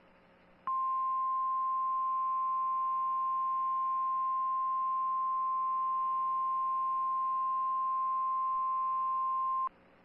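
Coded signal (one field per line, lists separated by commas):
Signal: Emergency Alert System (SAME) tones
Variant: 1050 Hz attention tone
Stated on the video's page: Snow squall warning received from a Milwaukee, Wisconsin NOAA Weather Radio transmitter.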